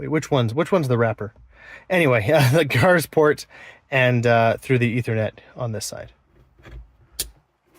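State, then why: Seated. Someone talks while plugging a cable connector into the port on the side of a plastic wiring harness junction box during a Comma AI with SunnyPilot install on a Kona EV. A sharp click is heard at 7.2 s as the connector seats in the port.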